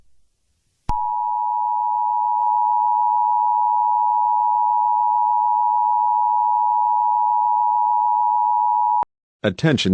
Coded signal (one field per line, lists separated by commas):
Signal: Emergency Alert System (SAME) tones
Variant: 853 and 960 Hz attention tone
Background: speech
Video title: EAS scenario: Virus